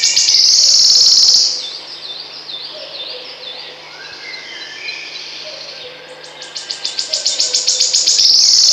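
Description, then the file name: Wood warbler song: a loud high shivering trill, then quieter sounds, then sharp ticking notes speeding up into another buzzing trill at the end. "Świstunka leśna"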